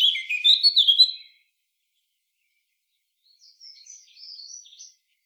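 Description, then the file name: Eurasian blackcap giving a brief, rich warbled phrase of quick chattering notes, followed after a pause by a fainter, higher twittering phrase. "Sylvia atricapilla"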